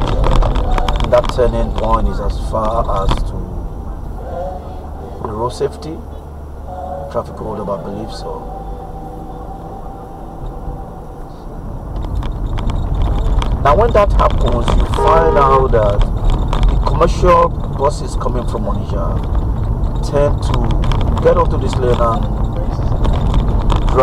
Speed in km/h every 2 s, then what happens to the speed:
34, 32, 29, 34, 37, 40, 44, 44, 44, 45, 47, 47.
0-5 steady at about 32. 5-12 speeds up to 44. 12-24 steady at about 44.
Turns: none.